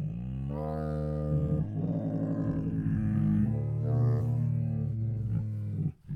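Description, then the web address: Tiger groan, one continuous deep rumbling moan lasting about six seconds, shifting in pitch and ending abruptly. Hungry tiger groans, huffs, moans and snores. "Sound Ideas Tigers Sound Effects Hungry Groans, Huffs, Moans and Snores"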